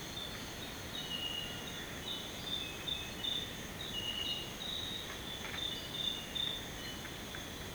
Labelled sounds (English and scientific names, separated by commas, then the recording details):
none
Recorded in secondary vegetation near Puerto Asís, Putumayo, Colombia, on 18 February 2024 at 05:00
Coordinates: 0.472, -76.331
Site G6371